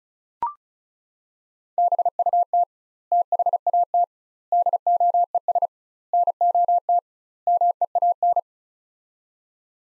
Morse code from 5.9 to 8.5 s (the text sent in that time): NOT MEAN